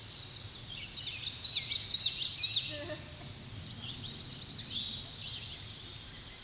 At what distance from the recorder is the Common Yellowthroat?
about 15 m